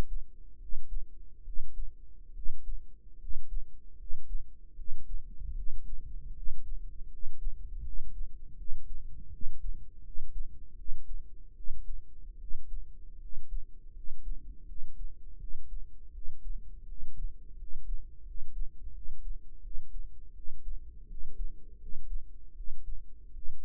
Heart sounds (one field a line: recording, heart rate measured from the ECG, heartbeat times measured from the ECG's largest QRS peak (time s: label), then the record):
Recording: heart sounds by microphone in the right ear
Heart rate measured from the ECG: 79 bpm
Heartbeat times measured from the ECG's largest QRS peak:
0.57 s: heartbeat
1.42 s: heartbeat
2.32 s: heartbeat
3.17 s: heartbeat
3.95 s: heartbeat
4.74 s: heartbeat
5.53 s: heartbeat
6.32 s: heartbeat
7.07 s: heartbeat
7.81 s: heartbeat
8.54 s: heartbeat
9.29 s: heartbeat
10.01 s: heartbeat
10.74 s: heartbeat
11.53 s: heartbeat
12.36 s: heartbeat
13.17 s: heartbeat
13.91 s: heartbeat
14.64 s: heartbeat
15.36 s: heartbeat
16.10 s: heartbeat
16.84 s: heartbeat
17.55 s: heartbeat
18.22 s: heartbeat
18.91 s: heartbeat
19.60 s: heartbeat
20.32 s: heartbeat
21.05 s: heartbeat
21.76 s: heartbeat
22.53 s: heartbeat
23.31 s: heartbeat
From the record:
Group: healthy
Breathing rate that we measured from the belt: 17 breaths a minute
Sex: male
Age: 21 years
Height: 170 cm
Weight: 71 kg